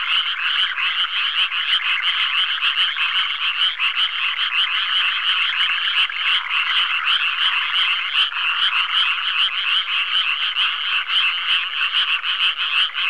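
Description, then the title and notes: Frogs in a steady chorus, countless overlapping rattling croaks pulsing quickly throughout, with no other clear sounds. "NHK効果音集 - 3-カエル"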